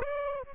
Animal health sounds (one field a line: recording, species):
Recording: mosquito wingbeat signal from an infrared sensor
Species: Aedes aegypti